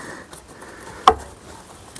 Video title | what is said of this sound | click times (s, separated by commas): 2017 Mercedes-Benz E-Class W 213 2 L Diesel Service | it locks it into place | 1.1 s